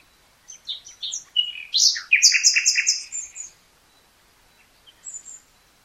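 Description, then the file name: Common nightingale song: a varied phrase of sharp whistled notes building into rapid repeated rattling trills, then a pause and a few brief soft notes. "Luscinia megarhynchos"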